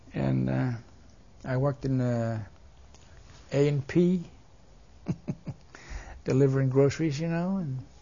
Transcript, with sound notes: And I worked in the A & P (he laughs) delivering groceries, you know, and